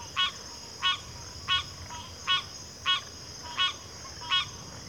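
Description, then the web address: Cricket trill, constant and high, punctuated by several short, sharp chirping bursts. Chorus of crickets at a backwater. "Sleep Sounds of Nature CRICKETS 03 Backwater Chorus"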